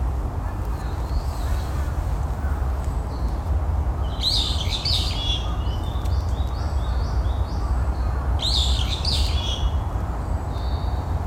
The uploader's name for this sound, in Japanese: はるの鳥たち